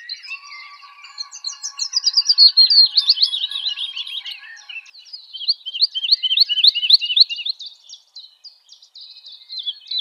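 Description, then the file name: Lark song: rapid high twittering and slurred chirps run together in a flowing stream, some phrases repeated quickly. "Bird Lark Sound"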